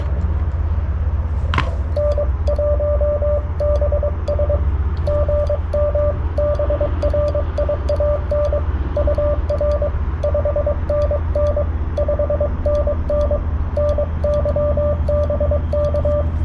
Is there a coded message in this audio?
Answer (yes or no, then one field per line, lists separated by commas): yes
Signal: Morse code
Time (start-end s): 2.0-16.2 s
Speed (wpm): 21 wpm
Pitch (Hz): 590 Hz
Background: radio noise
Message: N1BS GM BRIAN UR 5NN 5NN NY BK